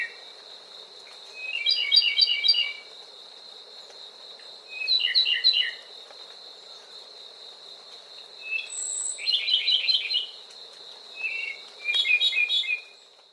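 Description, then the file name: European robin song: short high trilled phrases repeated every few seconds, with a thin whistle between, over a steady high insect-like hum. "Зарянка -Голос"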